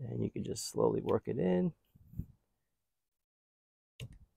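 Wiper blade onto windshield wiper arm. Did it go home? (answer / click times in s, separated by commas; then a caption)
yes / 4.0 s. A HEPA King premium silicone beam wiper blade for a Tesla Model 3 is slid along the groove of the windshield wiper arm and slowly worked in while someone talks. After a quiet pause, a sharp click at 4.0 s marks the blade latching onto the arm as its small locking tab pops up, so the blade is seated.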